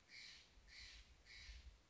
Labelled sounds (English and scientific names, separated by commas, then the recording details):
Steller's Jay (Cyanocitta stelleri)
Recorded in Sonoma County, California